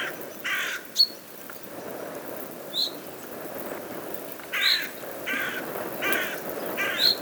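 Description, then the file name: Carrion Crow giving harsh, hoarse caws in short bursts, several spread throughout, with a small bird's sharp high chirps repeating between them and steady background hiss. "Corvus corone"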